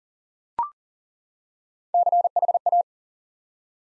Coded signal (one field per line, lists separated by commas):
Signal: Morse code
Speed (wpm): 40 wpm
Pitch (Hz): 700 Hz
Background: none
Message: CHA